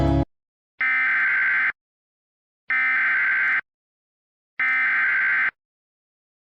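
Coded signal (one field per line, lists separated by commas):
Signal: Emergency Alert System (SAME) tones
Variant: header bursts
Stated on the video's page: Fictional EAS short about a thunderstorm, simulated, not a real broadcast.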